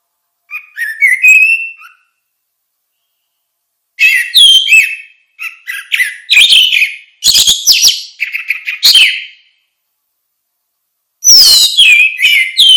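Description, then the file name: Orange-headed thrush singing varied phrases of rich whistles and rapid twittering notes, in short bursts separated by pauses; no other sounds. "suara kicau burung anis merah luar biasa"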